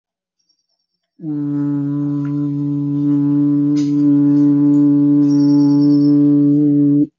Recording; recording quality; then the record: sustained vowel as in boot; excellent, no background noise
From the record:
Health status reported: healthy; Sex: male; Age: 22 years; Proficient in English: yes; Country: India